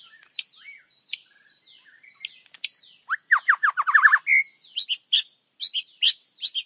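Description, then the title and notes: White-rumped shama song: soft chirps and whistles, then a fast tumbling run of descending notes, ending with bright ringing phrases. Described as a champion bird with melodious song. "Murai Juara. Suara burung murai merdu"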